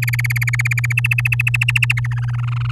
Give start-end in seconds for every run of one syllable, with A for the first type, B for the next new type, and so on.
0.02-0.93 A, 0.97-2.07 B, 2.11-2.71 C